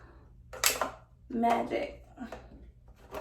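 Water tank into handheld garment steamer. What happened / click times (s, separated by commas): Handled, not yet seated: the water tank has not gone home / none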